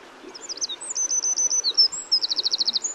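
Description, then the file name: Eurasian wren song, a rapid high-pitched jumble of sharp notes followed by a quick, even trill of repeated notes near the end. "Troglodytes troglodytes"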